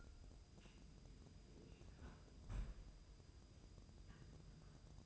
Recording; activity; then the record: daily activity, microphone in the room; close fridge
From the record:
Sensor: 2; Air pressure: 988.3 hPa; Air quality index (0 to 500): 192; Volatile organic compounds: 192 ppm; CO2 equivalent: 4186 ppm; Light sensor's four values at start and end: 21/71/27/26 and 21/71/27/26